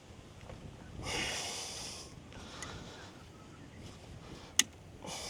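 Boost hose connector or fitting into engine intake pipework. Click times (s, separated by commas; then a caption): 4.6 s. A new boost hose kit is being fitted to a Ford Ranger Raptor PX3 engine, with a boost hose connector pushed home into the intake pipework. Soft bursts of broad hiss rise and fall over low rumble, with a faint tick at 2.6 s. A sharp, loud click at 4.6 s marks the fitting seating.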